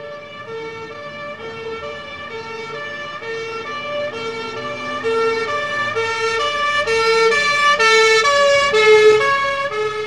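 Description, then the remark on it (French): A two-tone police siren wails in steady alternating notes, swelling louder as the vehicle passes and its pitch sliding lower, heard by a pedestrian on a sidewalk, over a low rumble of road traffic with no voices. “Mais entendu, du trottoir, il passe de l'aigu au grave.”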